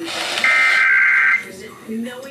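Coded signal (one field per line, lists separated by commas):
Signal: Emergency Alert System (SAME) tones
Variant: header bursts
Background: speech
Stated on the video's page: Live relay of the national IPAWS/EAS periodic test, received from TV and radio stations and relayed by a SAGE EAS ENDEC monitoring one radio station.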